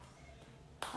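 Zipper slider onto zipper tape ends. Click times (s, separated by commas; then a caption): 0.8 s. A metal zipper slider is pushed by a finger movement onto both ends of a zipper tape, held as straight as possible. After a quiet low hum, a sharp click sounds at 0.8 s, and the slider is seated on the tape.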